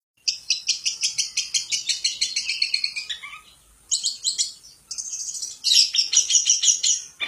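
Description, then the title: Long-tailed shrike song, a fast run of sharp, rattling high notes, a short gap, then dense shrill chattering and squeaky phrases. Champion singing bird. "Kicau Burung Cendet Juara"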